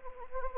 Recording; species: mosquito wingbeat signal from an infrared sensor; Anopheles gambiae